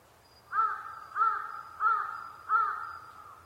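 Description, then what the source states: Large-billed crow uttering four rough, nasal caws at an even pace, each trailing off slightly, with a faint high thin tone behind. Recorded 23 October 2010 at 05:42.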